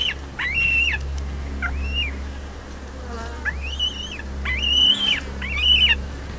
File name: Hamirostra Melanosternon